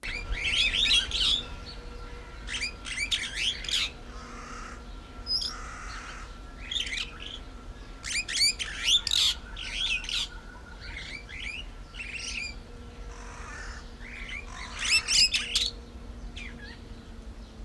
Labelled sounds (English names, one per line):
Superb Starling